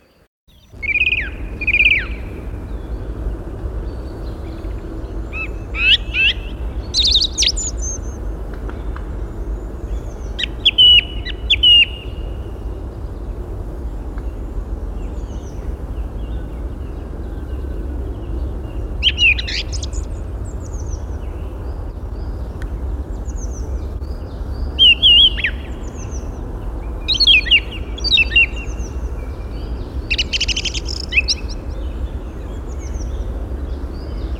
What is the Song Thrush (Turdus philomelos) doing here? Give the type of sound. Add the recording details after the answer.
song. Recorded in the wild. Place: Parchtitz, Insel Rügen, Mecklenburg-Vorpommern, DE. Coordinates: 54.438, 13.4. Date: 1977-03-11 08:45. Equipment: Nagra III BH, Sennheiser MD 21, parabola. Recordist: Schubert, Michael